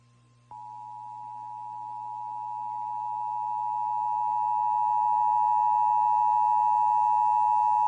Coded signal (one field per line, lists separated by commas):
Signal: Emergency Alert System (SAME) tones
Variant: 853 and 960 Hz attention tone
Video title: US Emergency Alert Systems 2026 (part 9)